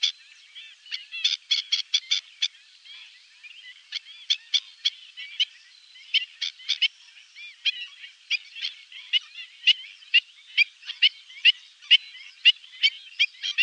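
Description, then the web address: Black-winged stilt giving repeated sharp, nasal calls. Quick clusters alternate with single notes at uneven intervals throughout. "Faglar Sound Styltlopare"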